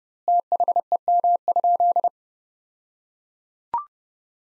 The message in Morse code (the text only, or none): THEM?